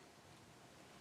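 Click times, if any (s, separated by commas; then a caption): none. A plastic arrow nock is handled at the thicker serving of a bowstring's end loop, a fit that is much tighter, far too tight. Only steady broadband noise is heard across the second, with no sudden sounds. Nothing has seated or clicked yet.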